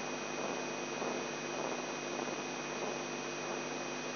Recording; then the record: brain microelectrode recording played as sound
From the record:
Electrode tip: inside the subthalamic nucleus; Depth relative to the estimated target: 2 mm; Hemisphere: left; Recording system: AlphaMap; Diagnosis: Parkinson's disease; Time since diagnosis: 11 years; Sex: male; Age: 42 years